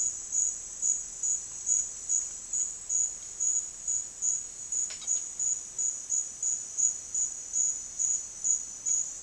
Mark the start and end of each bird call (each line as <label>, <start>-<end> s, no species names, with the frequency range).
bird call (1.1-6.3 kHz), 4.88-5.24 s